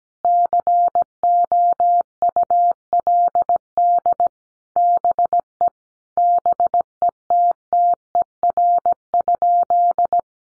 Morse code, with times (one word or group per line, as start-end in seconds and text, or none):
0.2-4.3 COULD
4.8-5.7 BE
6.2-10.2 BETTER?